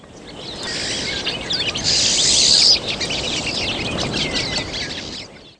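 Pine Siskin calls: high twittering notes and a loud buzzy note midway, over a steady background hiss.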